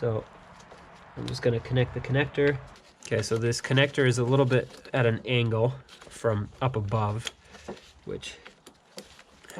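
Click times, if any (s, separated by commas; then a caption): 9.0 s. A wiring harness connector is pushed onto an ignition coil on a 1996–2001 Toyota Camry V6 (1MZ-FE), angled awkwardly from above, while someone talks. After the speech, small sharp snaps are heard, and the connector clicks into place at 9.0 seconds, fully seated.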